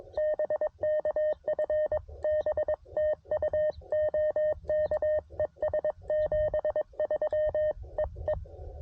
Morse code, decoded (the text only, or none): BK FB TU OK ES 73 EE